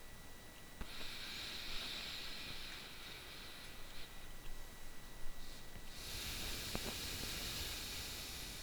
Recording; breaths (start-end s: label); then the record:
nose breathing near a microphone
0.59-4.37 s: inhalation
5.67-8.62 s: exhalation
From the record:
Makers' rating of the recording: bad